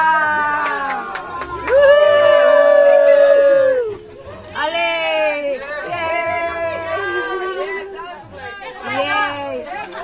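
Several dogs howl together in long, wavering, overlapping cries that rise and fall in pitch, loud and continuous through the whole stretch with brief dips between howls.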